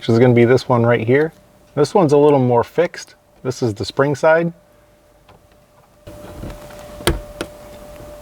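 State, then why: Seated. A new LED festoon bulb is fitted into an interior dome light housing, spring-contact end first and then pressed onto the fixed end, while someone talks. After a quiet pause and some handling rustle, a sharp click at 7.1 s marks the bulb popping into the spring contacts, where the ends have indentations, followed by a softer tick at 7.4 s. The bulb is seated.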